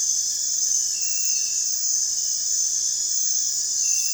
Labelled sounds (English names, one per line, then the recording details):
none
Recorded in dense forest near Puerto Asís, Putumayo, Colombia, on 23 June 2025 at 23:30
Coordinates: 0.468, -76.322
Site GP03